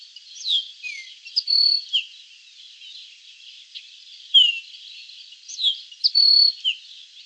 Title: LuckyPassaro Completos2Sama. Baywing (Agelaioides badius)